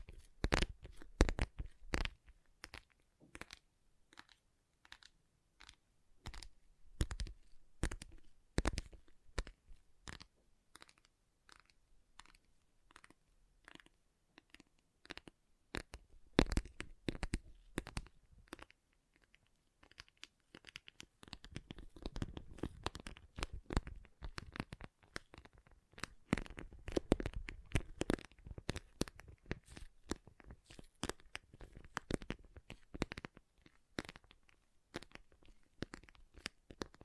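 Water beads clicking and tumbling in a quick stream of sharp, bright taps, each reaching from low to high. The first twenty seconds are sparser, with distinct clicks and brief gaps. After that the taps crowd together into a busier crackling rattle over a soft rustle.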